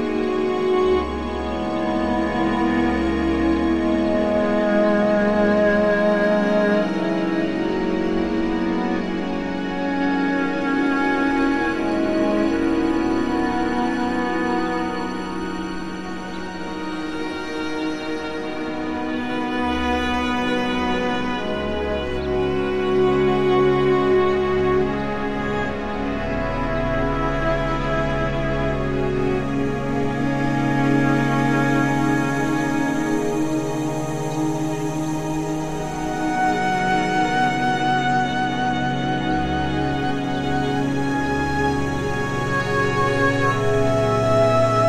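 Slow ambient music plays throughout, built from sustained, overlapping tones that shift gradually between low and middle pitches, with a faint airy shimmer above. A deep low hum swells in and out beneath it. The level stays steady, easing slightly around fifteen seconds.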